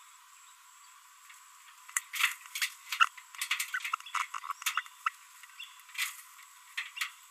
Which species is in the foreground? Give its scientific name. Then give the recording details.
Forpus passerinus. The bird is a female. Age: 27 days. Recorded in a nest box in Venezuela. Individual 17B42B3